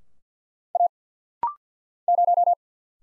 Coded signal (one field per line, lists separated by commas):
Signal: Morse code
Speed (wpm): 50 wpm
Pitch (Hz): 700 Hz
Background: none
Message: A 0